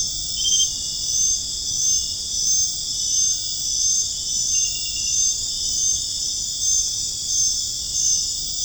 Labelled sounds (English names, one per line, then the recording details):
none
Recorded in dense forest near Puerto Asís, Putumayo, Colombia, on 23 June 2025 at 23:00
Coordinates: 0.481, -76.323
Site G072